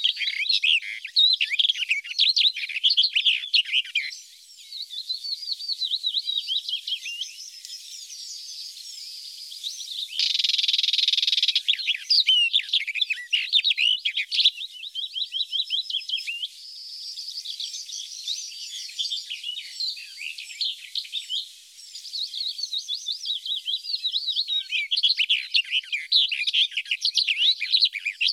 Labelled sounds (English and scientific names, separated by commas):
Barred Warbler (Sylvia nisoria) song